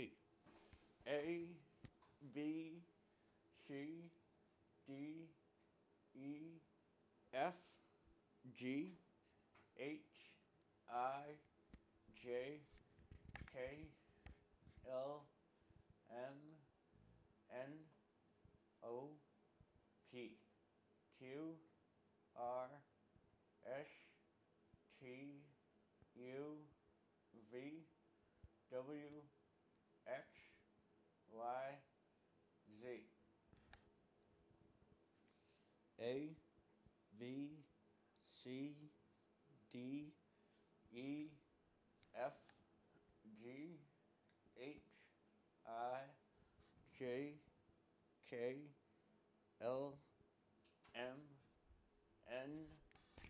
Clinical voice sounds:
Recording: letters of the alphabet, spoken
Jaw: constrained by a bite bar between the teeth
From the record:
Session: first day, right after the free take

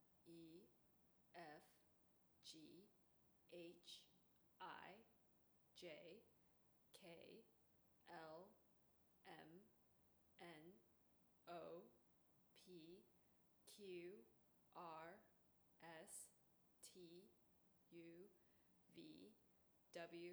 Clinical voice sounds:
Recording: letters of the alphabet, spoken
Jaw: free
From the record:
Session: seven days later

